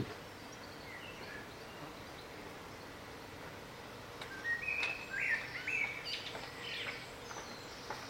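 Bird singing a burst of bright whistled and warbled phrases in the middle, over steady background hiss.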